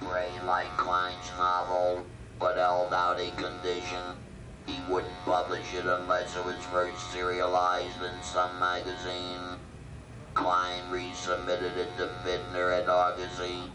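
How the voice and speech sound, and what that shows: An adult male speaks with an electrolarynx. The electrolarynx voice has an otherworldly sound, like someone from outer space.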